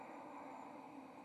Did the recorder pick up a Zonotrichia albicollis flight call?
no